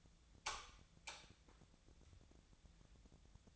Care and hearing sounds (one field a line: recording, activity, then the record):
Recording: daily activity, microphone in the room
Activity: light on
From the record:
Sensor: 3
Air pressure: 1000.0 hPa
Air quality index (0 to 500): 124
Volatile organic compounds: 2 ppm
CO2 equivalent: 1108 ppm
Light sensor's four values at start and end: 34/87/37/40 and 37/95/40/44